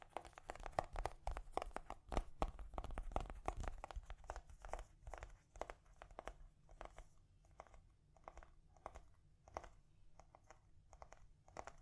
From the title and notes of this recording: ASMR Gently Tapping You to Sleep (No Talking).